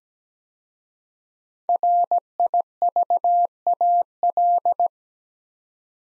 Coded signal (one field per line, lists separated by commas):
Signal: Morse code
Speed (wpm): 17 wpm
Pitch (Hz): 700 Hz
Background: none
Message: RIVAL